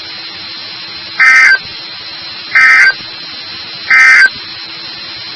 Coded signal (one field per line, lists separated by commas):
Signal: Emergency Alert System (SAME) tones